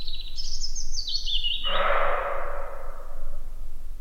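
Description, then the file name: European robin giving thin, high, warbling phrases that slide and trill for over a second, then a long burst of broad rushing noise takes over. "Erithacus rubecula"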